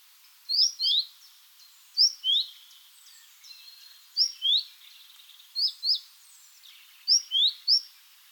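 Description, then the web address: Great tit two-note calls, a high whistled note dropping to a lower one, given in repeated pairs. "SETE data Parus major"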